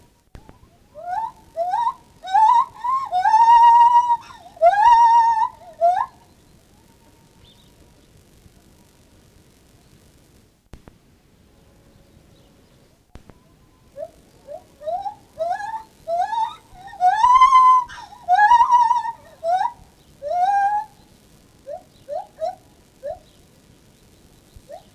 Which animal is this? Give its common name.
Lar Gibbon